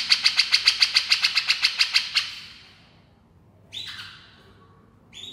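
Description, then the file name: Grey-cheeked Bulbul giving a fast series of harsh rasping notes that stops abruptly, followed by a pause and two short whistled notes. Female bird. "suara cucak jenggot betina"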